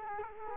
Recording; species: mosquito wingbeat signal from an infrared sensor; Culex quinquefasciatus